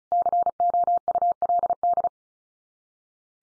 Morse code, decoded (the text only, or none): COULD